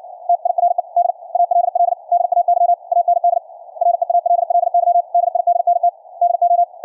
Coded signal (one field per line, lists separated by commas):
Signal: Morse code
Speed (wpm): 60 wpm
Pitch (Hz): 700 Hz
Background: radio noise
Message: TIRED ALL DAY AND REALLY DIDNT DO